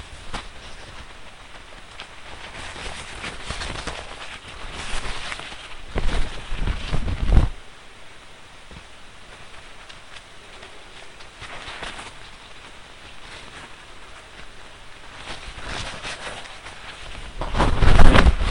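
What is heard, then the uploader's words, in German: Soft crinkling and plucking of paper napkins being shaped into roses. Quiet rustles run steadily throughout, with louder crumpling bursts around six to seven seconds and again near the end, over a faint hiss. Eine Serviette oder ein Taschentuch, eine Schere, eine feste Unterlage auf der ihr eure Serviette ausbreiten könnt und Draht, einen Gummiring oder etwas Faden. Serviettenrosen Basteln. Zupfgeräusche.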